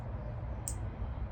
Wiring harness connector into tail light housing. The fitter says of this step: Make sure you hear that little click.